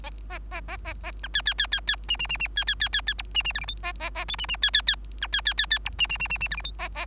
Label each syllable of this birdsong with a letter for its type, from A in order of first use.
A A A A A B C C C C C D D D D C C C C C E D D F G H A A A I D D C C C B C C C C E D D D D D F G H A A